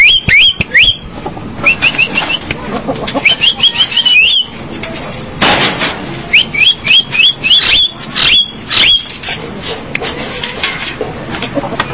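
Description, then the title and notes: Javan myna singing, with quick series of rising whistled notes alternating with grating, buzzy bursts and a few sharp clicks. "Jalak Kebo. Kicau Burung Jalak"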